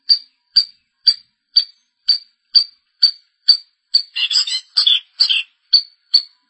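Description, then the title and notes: Long-tailed shrike song: a sharp high note repeated about twice a second, broken late by a brief burst of harsh, scratchy chatter. Recorded March 2017. "Pentet 201703. Suara burung pentet"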